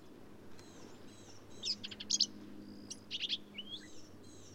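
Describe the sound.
Black-capped vireo singing a few rough, buzzy high phrases in quick succession, among thin high whistles and a low hum.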